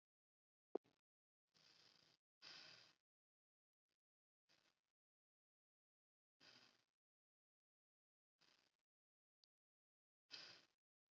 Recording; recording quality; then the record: shallow breathing; excellent, no background noise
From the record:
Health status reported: healthy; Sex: female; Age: 23 years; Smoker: no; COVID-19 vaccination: both doses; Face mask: not worn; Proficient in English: yes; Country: India